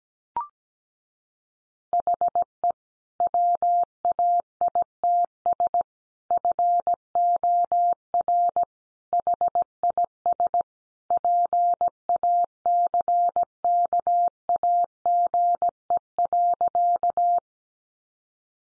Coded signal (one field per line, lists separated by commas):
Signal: Morse code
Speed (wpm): 17 wpm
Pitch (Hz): 700 Hz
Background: none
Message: HE WAITS FOR HIS PACKAGE.